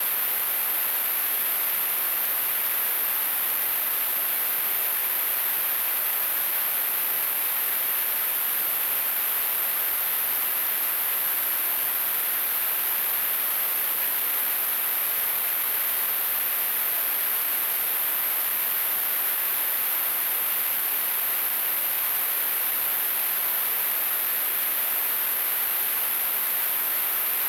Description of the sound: Tinnitus.